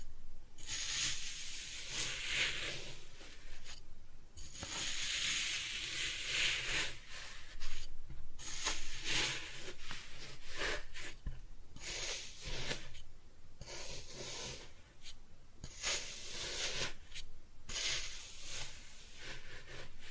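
Kinetic sand is cut and scooped in repeated hissing, grainy strokes of a second or two each, separated by brief quiet gaps throughout.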